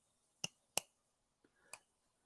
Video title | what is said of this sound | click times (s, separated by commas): Meet The Authors Guest Valerie Alston Aug 23rd 11 am pst | see it clicks in it's nice and firm that completely seals that | 0.4 s, 0.8 s